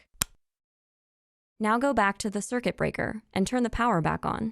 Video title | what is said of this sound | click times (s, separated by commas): Google Nest Learning Thermostat Programmable Smart Thermostat for Home 3rd Generation | to connect the display hold it so the nest logo is at the Top push it onto the base until you hear it click | 0.2 s